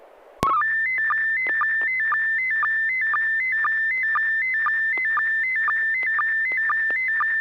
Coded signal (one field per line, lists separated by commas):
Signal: SSTV (slow-scan television)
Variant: PD 120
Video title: N6NA SSTV Net - 02/16/2022